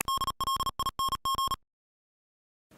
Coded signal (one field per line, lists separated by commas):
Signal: Morse code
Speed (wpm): 38 wpm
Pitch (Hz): 1080 Hz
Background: none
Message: DLING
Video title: #HamRadio Live! Show 275. Icom R8600 Receiver Look, Plus Maritime Mobile Ham Radio And How To Do It!